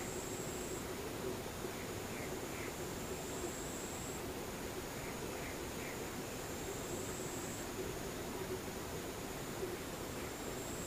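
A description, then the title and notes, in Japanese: Near-silence with distant insects: a thin, high, continuous trill runs throughout, swelling slightly in places. Soft clusters of chirps appear around 2–3, 5–6 and 10 seconds, over a steady low hum that never changes. 無音 遠くにムシ。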